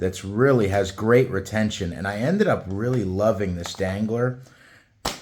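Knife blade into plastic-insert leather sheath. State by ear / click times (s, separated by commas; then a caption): seated / 5.1 s. Someone talks, then a Terävä Jääkäripukko 140 knife in 80CRV2 steel is pushed into the plastic insert of a leather button-lock dangler sheath and snaps home with a sharp click at 5.1 s. The knife is seated and locks in the sheath.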